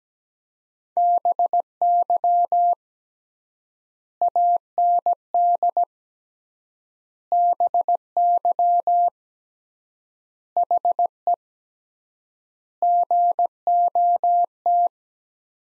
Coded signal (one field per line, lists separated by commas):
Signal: Morse code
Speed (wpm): 17 wpm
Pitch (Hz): 700 Hz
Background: none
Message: BY AND BY HE GOT